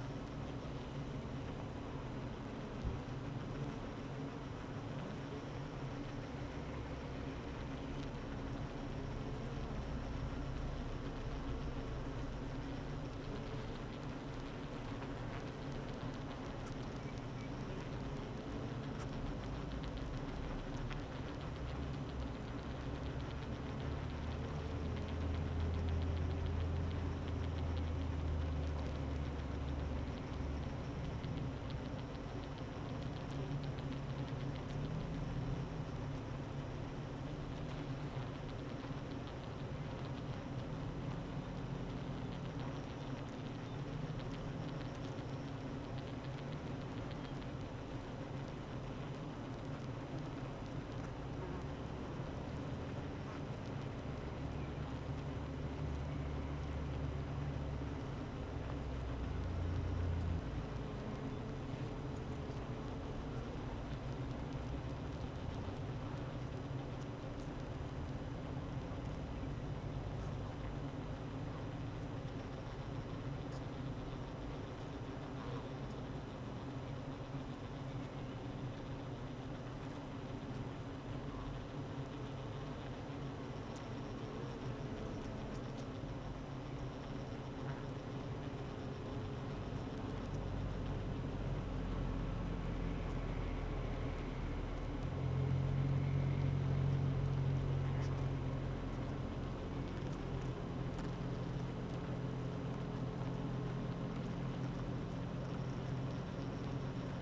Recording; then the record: honeybee colony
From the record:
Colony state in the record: active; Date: 12 June 2018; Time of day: 8:31